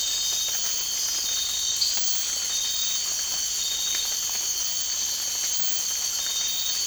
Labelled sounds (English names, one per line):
none